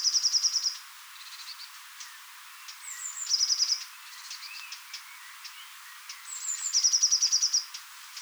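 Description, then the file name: Eurasian blue tit singing: three phrases about every three seconds, the later ones each a thin high note or two followed by a fast, even trill, over faint background chatter. "Cyanistes caeruleus"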